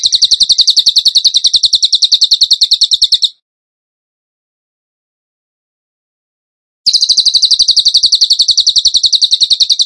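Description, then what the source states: Bird giving a long, machine-gun-like high trill for over three seconds, a silent gap of about three and a half seconds, then another long trill. Masteran (training recording) in the tembakan gacor style.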